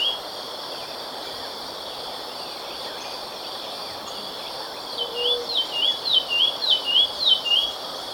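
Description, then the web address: Olivaceous Greenlet song: a fast series of high, wavering notes starts after about five seconds and runs nearly to the end, above a steady insect hum. Recorded in Ecuador. "Birds of Ecuador. Olivaceous Greenlet"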